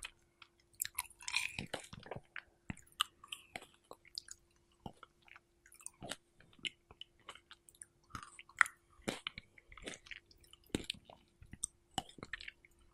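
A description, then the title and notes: Someone eats strawberries, with wet, squishy bites and chewing that come in quick irregular bursts throughout. Sharp clicky snaps punctuate the smacking every second or so, and a faint steady hum runs underneath the whole time. ASMR Strawberry Eating Sounds.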